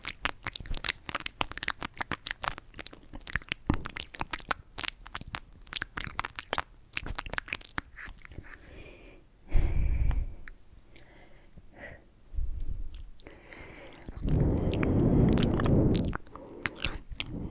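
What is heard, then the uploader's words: Intense mouth sounds: rapid, dense wet clicks and crunchy snaps fill the first eight seconds like busy chewing. After that the clicks thin out, broken by louder low rumbling bursts around ten, twelve and fifteen seconds, with scattered crackles continuing to the end. ASMR Intense Mouth Sounds with New Mic.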